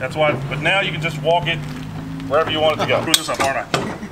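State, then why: Not seated. Someone talks while the extendable pull-out handle on a mulch cart is being handled and moved toward its locking position in the cart frame. Faint metallic handling sounds come through under the speech. The handle has not locked in place yet, and nothing has seated or clicked by the end of the clip.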